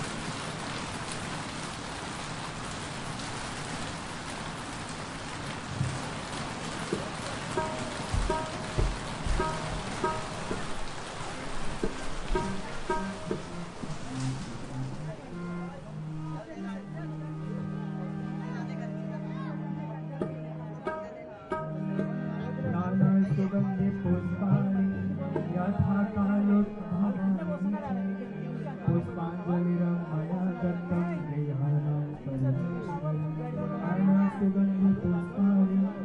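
Evening prayer by the Ganges during the monsoon, with steady rain hissing over a busy crowd. Voices and bells fill the first fifteen seconds, then low sustained chanting and tones take over, growing louder after about twenty seconds with scattered ringing above.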